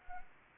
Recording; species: mosquito wingbeat signal from an infrared sensor; Anopheles gambiae